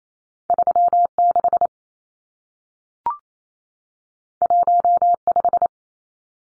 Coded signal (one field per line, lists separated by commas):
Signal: Morse code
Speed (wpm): 28 wpm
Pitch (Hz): 700 Hz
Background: none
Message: 36 15